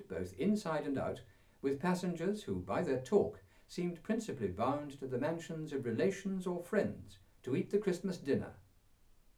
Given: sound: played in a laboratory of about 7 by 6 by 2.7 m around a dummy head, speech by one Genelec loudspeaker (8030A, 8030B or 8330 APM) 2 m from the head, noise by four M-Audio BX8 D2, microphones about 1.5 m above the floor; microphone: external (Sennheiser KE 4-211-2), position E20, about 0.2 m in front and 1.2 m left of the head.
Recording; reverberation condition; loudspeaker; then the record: male speech in English; low; in front (0 degrees)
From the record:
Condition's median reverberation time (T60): about 310 ms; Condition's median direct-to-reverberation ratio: about 3.5 dB